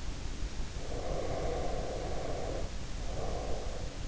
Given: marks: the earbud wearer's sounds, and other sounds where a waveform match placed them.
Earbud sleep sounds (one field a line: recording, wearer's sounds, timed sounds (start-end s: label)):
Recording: sounds in sleep by an in-ear microphone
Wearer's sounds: breath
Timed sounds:
0.86-3.98 s: breath